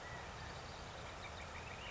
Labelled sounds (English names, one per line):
California Quail